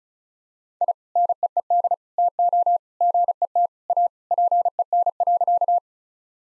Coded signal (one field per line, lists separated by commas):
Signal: Morse code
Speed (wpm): 35 wpm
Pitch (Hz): 700 Hz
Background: none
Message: I NEED TO GET A PEN.